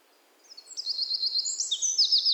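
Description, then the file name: Eurasian wren song opening: a rapid series of very high, sharp notes building into a fast rattling trill. "Troglodytes troglodytes"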